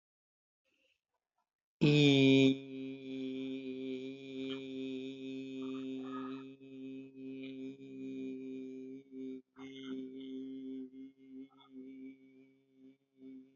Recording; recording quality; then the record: sustained vowel as in beet; excellent, no background noise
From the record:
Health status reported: healthy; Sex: male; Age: 21 years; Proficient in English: yes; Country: India